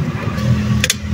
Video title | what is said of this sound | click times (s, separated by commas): Paano ang tamang pagkabit ng shallow water pump na may bladder pressure tank? Para sa bagong matuto. | nag-lock na. | 0.8 s